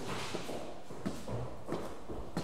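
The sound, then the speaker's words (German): A man runs hurriedly down a flight of stairs, four dull footstep thuds landing at an even, quick pace over a soft, steady background hiss. “Dann rannte er gehetzt die Treppe hinunter.”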